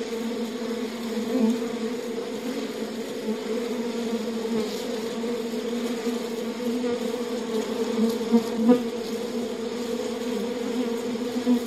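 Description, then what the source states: Honey bee colony buzzing in a continuous low drone, a thick steady hum with small swells in loudness and a few brief louder moments. Recorded at a bee hive.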